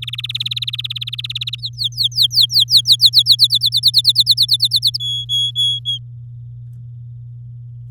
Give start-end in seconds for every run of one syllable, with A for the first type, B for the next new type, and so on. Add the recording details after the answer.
0.02-1.55 A, 1.58-3.10 B, 3.13-4.97 C, 5.00-5.98 D. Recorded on 8 May 2018 at 05:33. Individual llb16